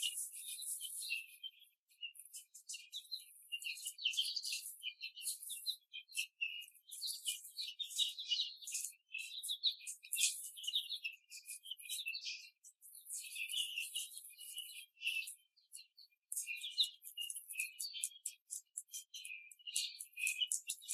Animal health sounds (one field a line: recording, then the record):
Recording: young laying hens in a cage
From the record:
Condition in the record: after the stressor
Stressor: simulated dog barking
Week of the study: 3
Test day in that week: 1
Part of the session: 1